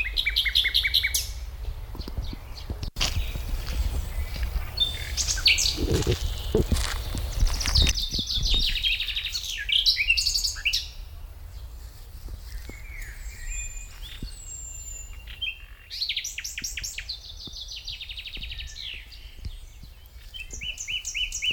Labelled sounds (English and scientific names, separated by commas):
Common Nightingale (Luscinia megarhynchos) song